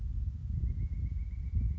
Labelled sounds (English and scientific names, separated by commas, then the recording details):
Pileated Woodpecker (Dryocopus pileatus)
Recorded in Sonoma County, California